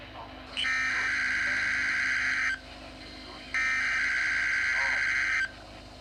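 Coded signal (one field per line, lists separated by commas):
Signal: Emergency Alert System (SAME) tones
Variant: header bursts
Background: speech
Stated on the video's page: Required weekly tests from NOAA weather radio transmitters KWN36 Greggs Knob WV, WXL40 Harrisburg PA, WWG52 Huntington PA, WXK97 Sudlersville MD.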